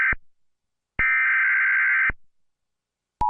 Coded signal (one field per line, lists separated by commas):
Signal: Emergency Alert System (SAME) tones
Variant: header bursts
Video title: Making Tom speaking eas alarm ( my talking Tom 2 )